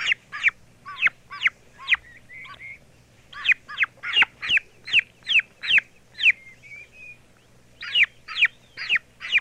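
Young turkey calls: quick high peeps in uneven bursts, with a few softer trilled notes in the pauses and a low hum throughout.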